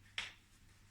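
A plastic side-release buckle on a baby carrier's strap is clipped into the lower buckle part. A single sharp click sounds at 0.2 s over a faint, steady low hum, and the buckle is seated.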